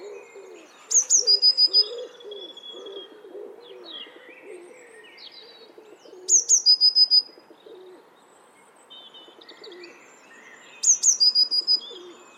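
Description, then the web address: Eurasian blue tit calls: three bouts of several sharp, high notes, coming roughly every five seconds, over soft dove cooing. "cianscape. Deverinetal"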